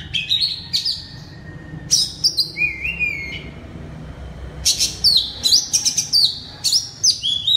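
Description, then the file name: Oriental magpie-robin song of bright whistles and descending slurs, a short pause, then a rapid burst of sharp, loud whistled notes. Loud song style called ngeplong keras in Indonesian (kacer). "suara kacer ngeplong keras"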